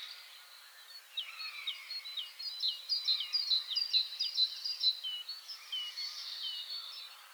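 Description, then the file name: Great tit calling, a run of quick, clipped high notes repeated steadily in the middle, with other small birds chirping and twittering throughout. "Parus major"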